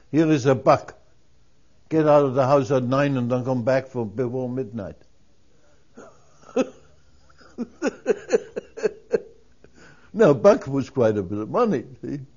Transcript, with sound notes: Here is a buck. Get out of the house at nine and don't come back until midnight." (He laughs.) Now, a buck was quite a bit of money, see.